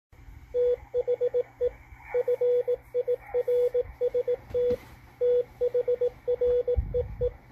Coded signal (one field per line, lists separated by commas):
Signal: Morse code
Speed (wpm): 18 wpm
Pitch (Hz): 490 Hz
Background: radio noise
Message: THE FIRST THREE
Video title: GEOMAG FORECAST W1AW DECODE ON MALACHITE DSP SDR RECEIVER 5-10-2021